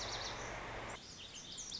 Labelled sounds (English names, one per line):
Lazuli Bunting